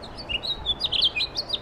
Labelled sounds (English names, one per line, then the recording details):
House Finch song
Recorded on Long Island, New York, on 17 May 2012
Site AB
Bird C